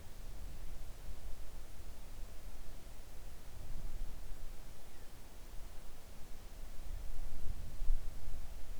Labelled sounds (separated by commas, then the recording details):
near silence
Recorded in the Arctic National Wildlife Refuge, Alaska, on 3 August 2019 at 05:14
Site 41